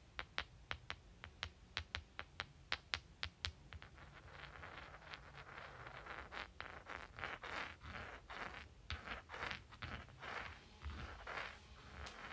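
Rocks click together in a quick, even series of sharp knocks for the first four seconds. Then the sound shifts to rougher rubbing and scraping, a denser grinding texture broken by irregular clacks that continues to the end, with a low rumble underneath.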